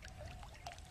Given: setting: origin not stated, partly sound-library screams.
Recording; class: one-second piece from a danger detection set; normal situation